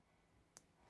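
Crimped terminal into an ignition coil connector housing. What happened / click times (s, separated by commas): The terminal clicked into the connector housing / 0.6 s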